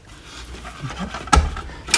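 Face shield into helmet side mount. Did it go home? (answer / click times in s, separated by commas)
yes / 1.3 s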